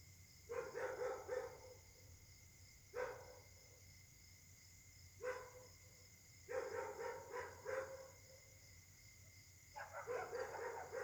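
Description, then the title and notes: Dog barking in clustered bursts, runs of rapid barks separated by short pauses. Night-time chorus of several dogs at Caltex, Trois-Mares, Réunion; Samsung Galaxy S8 smartphone whose left microphone tends to be clogged. "Caltex, 3 mares, Réunion. La nuit s'annonce difficile pour les habitants: concert de chiens"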